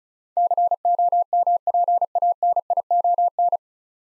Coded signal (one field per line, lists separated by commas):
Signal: Morse code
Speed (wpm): 36 wpm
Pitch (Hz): 700 Hz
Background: none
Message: COMPANION